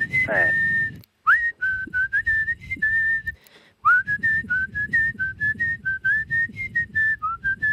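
A person whistles a song melody in a clear, steady tone, moving through short stepped notes that rise and fall, with two brief pauses and a low breathy rumble underneath.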